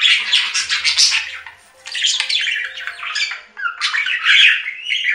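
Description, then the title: Budgerigar chatter, loud rasping squawks and rapid twitters in three runs split by two short quiet gaps. "Budgie Sounds"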